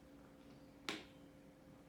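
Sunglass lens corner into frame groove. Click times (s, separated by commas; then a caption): 0.9 s. A sunglass lens corner is pressed into the groove of a plastic frame, which is flexed with two fingers underneath and one on top. One strong, sharp snap is heard at 0.9 s as the lens corner pops into place, and the lens is seated.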